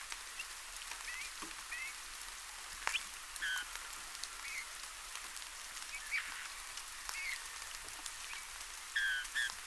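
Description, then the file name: Eurasian bullfinch calls: several soft, short, falling piped whistles, widely spaced and paired near the end, over a steady hiss like rain. "Pyrrhula pyrrhula"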